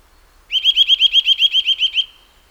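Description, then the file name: Eurasian nuthatch giving a fast trill of about twelve rising, slurred whistled notes over one and a half seconds, clear and quiet around it. "Sitta europaea"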